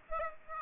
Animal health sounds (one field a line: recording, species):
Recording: mosquito wingbeat signal from an infrared sensor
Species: Aedes aegypti